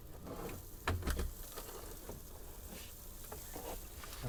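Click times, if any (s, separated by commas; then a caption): 0.9 s. In a 2022 Autotrail V-Line 540 SE, the small tab on a delicate pleated blind for the cab side window is pulled towards the camera and lifted up into the top catch of the window frame. A sharp click at 0.9 s is followed by softer knocks at 1.1 s and 1.2 s, then a low rustling background. The blind locks into place at the top.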